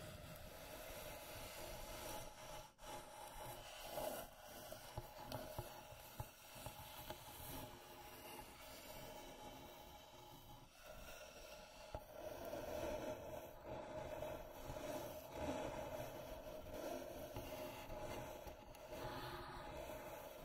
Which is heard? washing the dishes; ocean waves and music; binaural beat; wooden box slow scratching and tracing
wooden box slow scratching and tracing